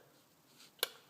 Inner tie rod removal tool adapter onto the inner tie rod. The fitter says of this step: this point slides over it locks into place with this little thing here that guide